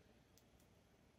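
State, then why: Seated. A plastic S Pen stylus on a Galaxy S22 Ultra is pushed back into its slot in the bottom of the phone and latches home. A short, sharp click lands at 0.4 s, with a fainter tick just after 0.6 s over a steady low background. The stylus is seated.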